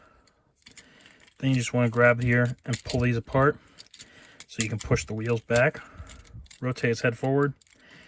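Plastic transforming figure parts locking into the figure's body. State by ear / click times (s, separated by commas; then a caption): not seated / none. Plastic parts of a Transformers War for Cybertron Trilogy Kingdom Huffer figure are handled during its transformation from vehicle to robot, with the leg panels being worked toward snapping into place in the figure's body. Someone talks while small plastic clicks and rattles sound, with a sharper tap near 4.4 s. The leg panels have not seated or snapped home yet.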